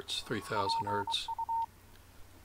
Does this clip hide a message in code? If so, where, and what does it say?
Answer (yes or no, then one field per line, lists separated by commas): yes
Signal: Morse code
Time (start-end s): 0.6-1.7 s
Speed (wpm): 23 wpm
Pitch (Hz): 910 Hz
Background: speech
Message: PU